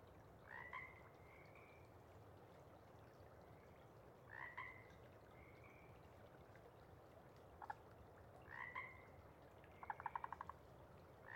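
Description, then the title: Pacific chorus frog ribbits repeated every few seconds, with soft trills, a single click and a brief burst of rapid clicking pulses, over low hiss. Sparse chorus before dawn as first light appears; most of the pod has gone back to burrow and sleep, a few individuals still calling to attract a mate. "Chorus Frogs, Sparse, pre-Dawn"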